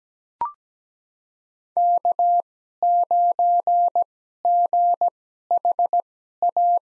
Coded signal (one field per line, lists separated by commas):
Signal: Morse code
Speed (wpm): 17 wpm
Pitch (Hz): 700 Hz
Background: none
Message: K9GHA